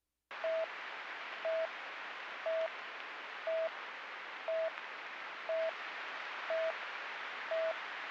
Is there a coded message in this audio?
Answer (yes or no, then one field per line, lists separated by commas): no